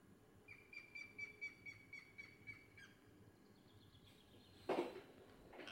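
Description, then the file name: Grey-headed woodpecker call series: several clear whistled notes on one pitch, followed by a sharp rustling thump. "gr spett"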